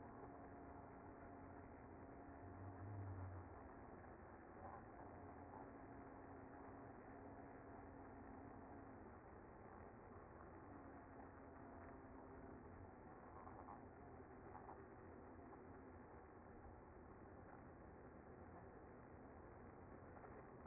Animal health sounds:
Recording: honeybee colony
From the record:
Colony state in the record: active

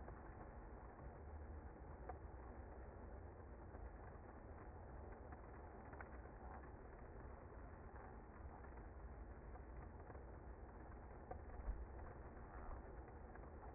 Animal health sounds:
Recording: honeybee colony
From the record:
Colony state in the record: active

